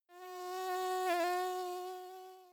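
Mosquito buzz, a steady high whine with a rich hum that swells, wavers briefly in the middle, then fades away.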